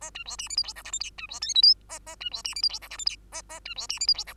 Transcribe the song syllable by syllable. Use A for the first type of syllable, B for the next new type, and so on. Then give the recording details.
A B C D E F G H I J K B C L M N A A B C D E F G H I J K A A B C D E F G H. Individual Bird2